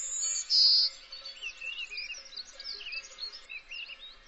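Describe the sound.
Bird call: a high thin whistle and then a brief buzzy note, followed by faint chirps and twitters.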